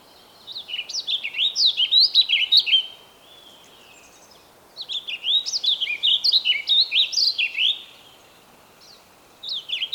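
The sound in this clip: Bird song: repeated phrases of rapid, sweet whistled notes sweeping up and down, each lasting about two to three seconds, with quiet pauses between.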